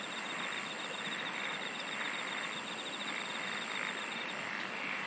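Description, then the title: Insect chorus of continuous, fast-pulsing trills, a high buzzy band repeating in short bursts above, all over a dense background hiss. "SINGING OF INSECTS"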